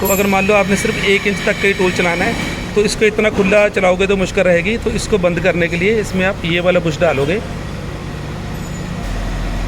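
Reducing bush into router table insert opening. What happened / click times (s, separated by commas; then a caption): The insert ring was set in place without any seating click / none. A reducing bush is dropped into the throat opening of a router table insert and lined up, not yet twisted to lock. Someone talks for most of the clip over a steady low hum, which carries on alone for the last couple of seconds. Nothing has seated or clicked yet.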